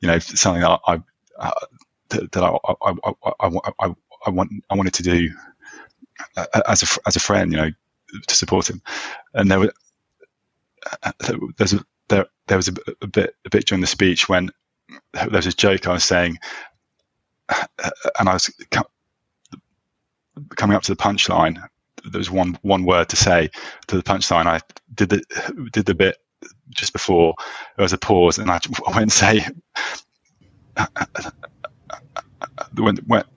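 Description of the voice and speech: Low-pitched adult male voice with repeated sounds and words, prolonged sounds and long silent blocks, completely blocking before a key word: stammering in an adult man.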